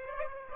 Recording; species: mosquito wingbeat signal from an infrared sensor; Aedes aegypti